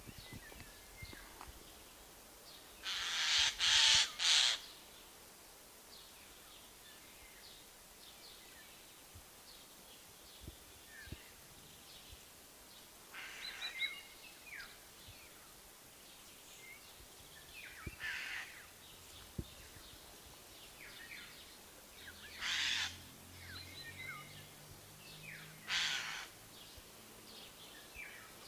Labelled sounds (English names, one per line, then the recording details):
Eurasian Jay call
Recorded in the wild
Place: Russalka, Dobrudsha, BG
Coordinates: 43.4164, 28.5133
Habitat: park
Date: 2005-07-22
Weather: sunny, 23°C
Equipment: Marantz PMD 660, Sennheiser ME 80, K 3 U, Schalter III
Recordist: Frommolt, Karl-Heinz